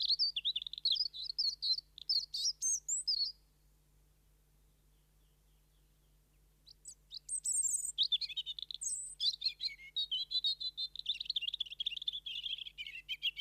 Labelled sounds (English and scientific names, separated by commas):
European Robin (Erithacus rubecula) song